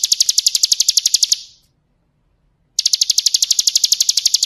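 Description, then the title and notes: Bar-winged Prinia's high, fast pulsing trill, broken by one silent pause of over a second before the rapid notes resume. Ngebren song style, used as a training recording for White-rumped Shamas (magpie-robins). "Ciblek Ngebren Untuk Masteran Murai Batu. Suara Nada"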